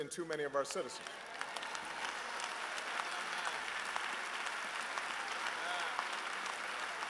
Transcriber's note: applause